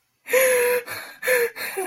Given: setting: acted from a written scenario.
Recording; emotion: vocal sound without words; pain